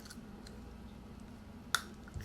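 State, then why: Seated. A thin plastic removable lower veneer is pushed onto the bottom teeth, with only faint low rustling beforehand. A single sharp, loud snap at 1.8 s marks the veneer seating onto the teeth, followed by a softer, brief thump near the end.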